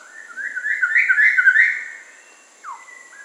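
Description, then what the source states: Rusty pitohui with a rapid, warbling run of whistles lasting over a second, followed after a pause by a single sharply falling whistle. Papua New Guinea.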